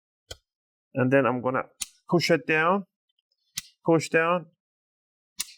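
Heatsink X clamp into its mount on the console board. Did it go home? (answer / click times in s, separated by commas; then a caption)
yes / 5.4 s. Someone talks while a metal heatsink X clamp, hooked on one side and brought over the hole, is pushed down very hard onto its mount on an Xbox Series S console board. Brief sharp taps come at about 0.3 s and 3.6 s. The clamp clicks into its retention point at 5.4 s and is seated.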